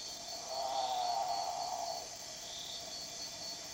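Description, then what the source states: Great potoo uttering one long, hoarse, slightly falling moan lasting about a second and a half, with constant insect buzzing and trilling behind it. Recorded on 26 March 2007.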